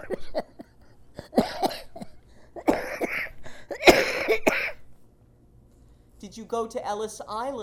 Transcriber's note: coughs/Laughs/Coughs